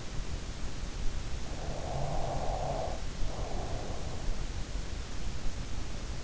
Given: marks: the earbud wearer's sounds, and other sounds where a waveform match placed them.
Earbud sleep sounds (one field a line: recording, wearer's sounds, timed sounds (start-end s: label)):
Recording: sounds in sleep by an in-ear microphone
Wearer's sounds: snoring breath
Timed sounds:
1.81-4.78 s: snoring breath